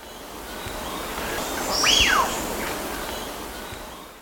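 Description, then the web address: Wattled guan call: one sharp note that sweeps quickly up to a high peak and slides back down, heard once midway over steady background hiss. Recorded in Ecuador. "Birds of Ecuador. Wattled Guan"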